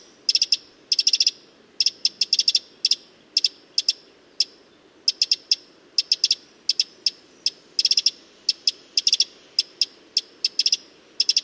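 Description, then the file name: Eurasian wren ticking: crisp clicks singly and in frequent short bursts, repeated throughout, with a soft hiss underneath. "Troglodytes troglodytes"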